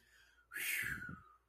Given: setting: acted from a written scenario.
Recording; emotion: vocal sound without words; relief